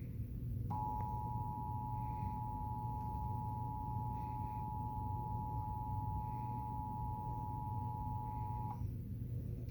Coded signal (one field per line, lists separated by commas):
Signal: Emergency Alert System (SAME) tones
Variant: 853 and 960 Hz attention tone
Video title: September 2020 Monthly Test issued by Oklahoma Emergency Operations Center on KOCB | 9/8/20 | EAS 29